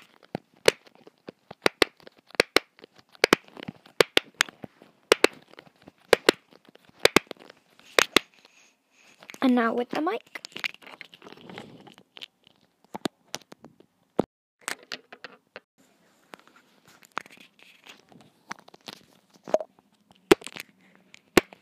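Long nails tap and scrape against a microphone, giving sharp clicks every half second or so through most of the recording. Around ten seconds a burst of wet, squelchy slime sounds rises and fades, then the clicking resumes, sparser, over faint soft rustling.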